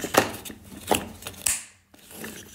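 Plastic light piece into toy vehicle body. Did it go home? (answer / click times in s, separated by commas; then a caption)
yes / 1.5 s. A plastic light piece, now turned the right way round, is pushed onto the body of a toy vehicle, with a few short plastic knocks at about 0.2, 1.0 and 1.3 seconds as it is positioned. A sharp, bright click at 1.5 seconds marks it snapping into place, followed by near silence and faint handling noise. The light piece is seated.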